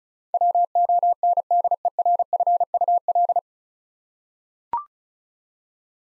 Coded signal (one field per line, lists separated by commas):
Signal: Morse code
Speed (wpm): 36 wpm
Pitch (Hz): 700 Hz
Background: none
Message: WONDERFUL